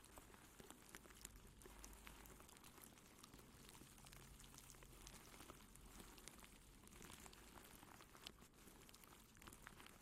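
Plastic wrap crinkles softly and continuously, a dense, even patter of tiny crackles running through the whole stretch without pauses. Brighter snaps poke out now and then, around the first and second seconds and again near the eighth, while a low rumble sits underneath.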